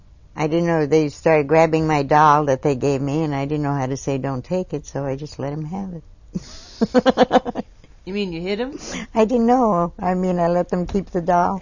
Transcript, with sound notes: I didn't know, they started grabbing my doll that they gave me and I didn't know how to say "Don't take it." So I just let them have it. (laughs)
Do you mean you hit them?
I didn't know... I mean, I let them keep the doll.